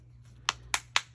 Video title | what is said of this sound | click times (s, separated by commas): Scrap Busting with Yo-Yo’s | yeah you'll hear a click and it's Square it's uh lined up right there | 0.5 s, 0.7 s, 1.0 s